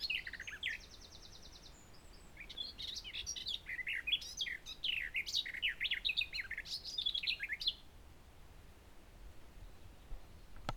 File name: Garden Warbler